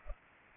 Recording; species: mosquito wingbeat signal from an infrared sensor; Culex pipiens